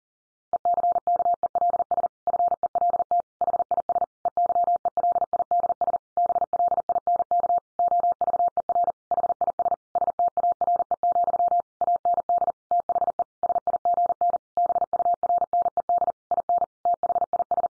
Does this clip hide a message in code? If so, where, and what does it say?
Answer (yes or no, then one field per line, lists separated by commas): yes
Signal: Morse code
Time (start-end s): 0.5-17.7 s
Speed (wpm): 40 wpm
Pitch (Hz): 700 Hz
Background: none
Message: ECKELS FELT HIS EYELIDS BLINK OVER HIS STARE, AND THE SIGN BURNED IN THIS